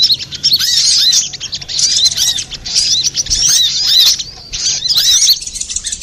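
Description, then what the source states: Little spiderhunter song of busy, high-pitched twittering with repeated downcurved notes in bursts of one to two seconds. Master recording for training cage birds; labelled Labaik.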